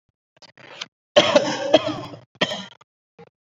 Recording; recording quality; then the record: heavy voluntary cough; excellent, no background noise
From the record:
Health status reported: COVID-19 positive, mild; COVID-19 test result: positive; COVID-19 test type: RT-PCR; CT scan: not taken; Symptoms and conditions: cold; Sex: male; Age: 27 years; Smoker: no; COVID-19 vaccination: both doses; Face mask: not worn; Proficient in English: yes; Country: India